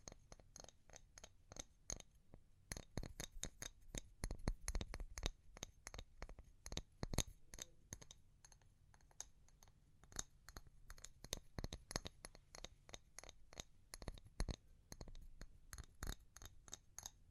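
Tapping runs the whole way through, sharp clicky strikes with a glassy, clinking edge. The pace shifts between quick dense bursts, around three to seven seconds and again near eleven to twelve, and sparser, slower taps. A faint low hum sits underneath.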